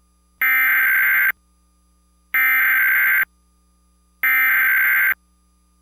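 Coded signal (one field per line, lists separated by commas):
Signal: Emergency Alert System (SAME) tones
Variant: header bursts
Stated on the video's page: Simulated, not a real EAS broadcast; fictional scenario that may contain valid EAS tones.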